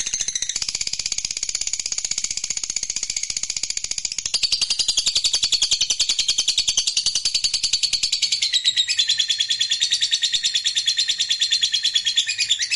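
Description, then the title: Lovebird song: an unbroken, fast stream of shrill, scratchy twittering chirps, steady throughout with small shifts in pitch. Meant to stimulate a lazy, non-singing lovebird to sing spontaneously. "LOVEBIRD Malas Bunyi JADI GREGET SPONTAN Langsung NARIK"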